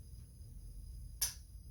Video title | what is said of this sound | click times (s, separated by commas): How I prep my traps for trapping season | You got that little click. | 1.2 s